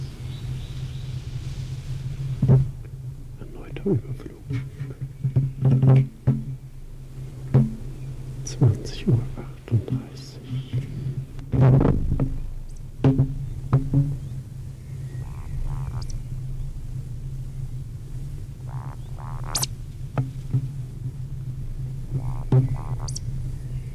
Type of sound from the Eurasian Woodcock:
flight song